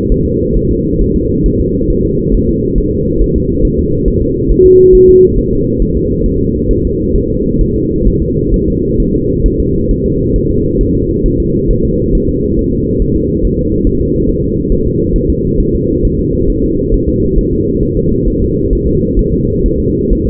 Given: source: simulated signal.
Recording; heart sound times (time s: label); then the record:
fetal heart sounds
0.12 s: S1
0.26 s: S2
0.57 s: S1
0.71 s: S2
1.01 s: S1
1.16 s: S2
1.46 s: S1
1.60 s: S2
1.90 s: S1
2.05 s: S2
2.35 s: S1
2.49 s: S2
2.78 s: S1
2.93 s: S2
3.22 s: S1
3.36 s: S2
3.65 s: S1
3.79 s: S2
4.08 s: S1
4.23 s: S2
4.52 s: S1
4.66 s: S2
4.95 s: S1
5.09 s: S2
5.39 s: S1
5.53 s: S2
5.82 s: S1
5.97 s: S2
6.26 s: S1
6.41 s: S2
6.71 s: S1
6.85 s: S2
7.16 s: S1
7.30 s: S2
7.61 s: S1
7.76 s: S2
8.08 s: S1
8.22 s: S2
8.54 s: S1
8.68 s: S2
9.00 s: S1
9.14 s: S2
9.46 s: S1
9.60 s: S2
9.91 s: S1
10.06 s: S2
10.36 s: S1
10.50 s: S2
10.81 s: S1
10.95 s: S2
11.26 s: S1
11.40 s: S2
11.71 s: S1
11.85 s: S2
12.15 s: S1
12.29 s: S2
12.59 s: S1
12.73 s: S2
13.02 s: S1
13.17 s: S2
13.45 s: S1
13.59 s: S2
13.87 s: S1
14.01 s: S2
14.29 s: S1
14.44 s: S2
14.72 s: S1
14.87 s: S2
15.16 s: S1
15.30 s: S2
15.60 s: S1
15.75 s: S2
16.05 s: S1
16.19 s: S2
16.50 s: S1
16.64 s: S2
16.94 s: S1
17.09 s: S2
17.39 s: S1
17.53 s: S2
17.83 s: S1
17.97 s: S2
18.28 s: S1
18.42 s: S2
18.73 s: S1
18.87 s: S2
19.19 s: S1
19.34 s: S2
19.66 s: S1
19.80 s: S2
20.13 s: S1
20.27 s: S2
From the record:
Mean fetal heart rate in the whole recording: 135 bpm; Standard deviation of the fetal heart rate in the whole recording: 3 bpm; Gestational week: 36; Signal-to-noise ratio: -14.7 dB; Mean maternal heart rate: 72 bpm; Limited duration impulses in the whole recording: present